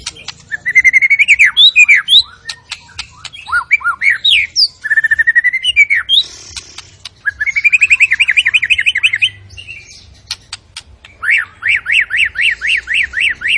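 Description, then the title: White-rumped shama song: loud varied phrases of whistled slurred notes, rapid trills and a run of repeated rising-falling notes at the end. Lure recording of an energetic, full-repertoire singing shama, meant to stir up the emotion of other birds. "PANCINGAN MURAI BATU. MURAI GACOR SUPER EDAN SEMUA MATERI DI KELUARIN COCOK BUAT DONGKRAK EMOSI. SHAMA BIRD"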